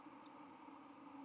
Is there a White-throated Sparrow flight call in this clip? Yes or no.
yes